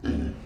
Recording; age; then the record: pig call; growing-finishing pig (85 days or more)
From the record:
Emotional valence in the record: negative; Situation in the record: barren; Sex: female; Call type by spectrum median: low-frequency call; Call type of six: low-frequency stable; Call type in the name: low-frequency stable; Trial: 1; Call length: 0.46 s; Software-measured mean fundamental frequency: 58 Hz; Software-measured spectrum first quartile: 103 Hz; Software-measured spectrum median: 225 Hz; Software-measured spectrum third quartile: 362 Hz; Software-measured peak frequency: 254 Hz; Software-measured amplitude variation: 158 dB a second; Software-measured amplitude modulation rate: 25.1 a second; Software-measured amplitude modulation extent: 6.3 dB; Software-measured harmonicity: -0.3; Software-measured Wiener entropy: -0.29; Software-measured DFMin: 907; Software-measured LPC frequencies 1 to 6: 292, 1622, 3045, 4056, 4897, 5674 Hz